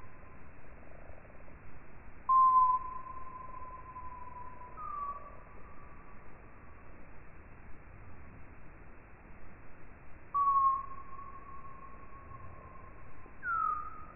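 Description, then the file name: Common noctule calls: drawn-out tones that drop briefly then hold steady, three loud ones, the first two about eight seconds apart with a fainter similar tone between, over a low hiss. "Nyctalus noctula"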